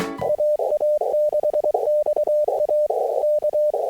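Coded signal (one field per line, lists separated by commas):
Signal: Morse code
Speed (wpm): 23 wpm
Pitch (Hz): 590 Hz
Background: music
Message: AA6XA K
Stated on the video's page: Summit activation, QRP, after a break in the rain.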